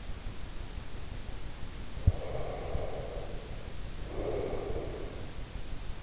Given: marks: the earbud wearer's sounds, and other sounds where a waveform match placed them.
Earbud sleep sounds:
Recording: sounds in sleep by an in-ear microphone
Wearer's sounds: breath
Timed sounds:
1.96-5.31 s: breath

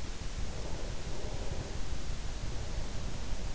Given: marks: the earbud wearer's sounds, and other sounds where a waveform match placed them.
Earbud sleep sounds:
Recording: sounds in sleep by an in-ear microphone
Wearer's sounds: breath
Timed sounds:
0.15-3.55 s: breath

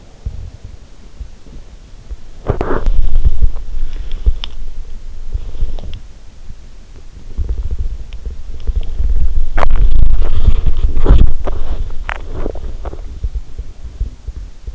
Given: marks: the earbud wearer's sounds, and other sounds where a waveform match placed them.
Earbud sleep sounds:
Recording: sounds in sleep by an in-ear microphone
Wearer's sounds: body movement, swallowing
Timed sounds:
0.00-6.19 s: body movement
7.40-14.75 s: body movement
11.90-13.24 s: swallowing

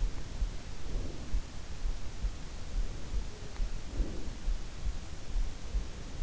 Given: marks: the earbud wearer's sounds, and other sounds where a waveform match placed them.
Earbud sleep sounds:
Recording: sounds in sleep by an in-ear microphone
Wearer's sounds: breath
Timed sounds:
0.68-1.88 s: breath
3.62-4.76 s: breath

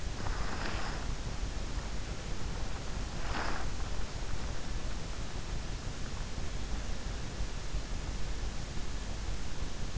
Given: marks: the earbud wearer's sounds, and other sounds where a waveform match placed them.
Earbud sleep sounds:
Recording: sounds in sleep by an in-ear microphone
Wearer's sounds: breath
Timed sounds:
0.00-1.44 s: breath
3.09-4.23 s: breath

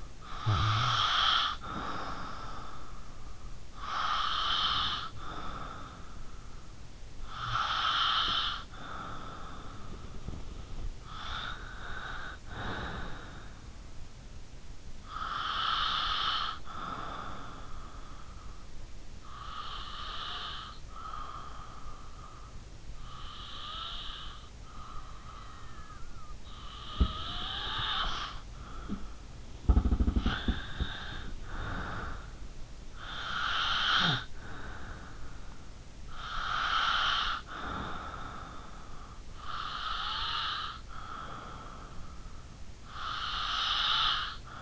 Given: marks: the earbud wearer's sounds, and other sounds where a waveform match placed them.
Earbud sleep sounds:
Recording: sounds in sleep by an in-ear microphone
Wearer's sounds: breath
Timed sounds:
0.17-36.11 s: breath
36.17-44.62 s: breath

